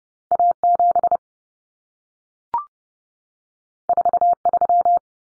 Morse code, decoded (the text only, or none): A7 43